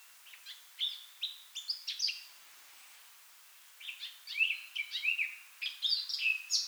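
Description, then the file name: Blackcap song heard as two spells of quick scratchy warbling with clearer whistles, separated by a pause, against a steady hiss. "Sylvia atricapilla"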